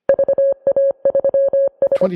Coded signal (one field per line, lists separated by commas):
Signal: Morse code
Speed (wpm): 25 wpm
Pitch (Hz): 550 Hz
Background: none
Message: VA3S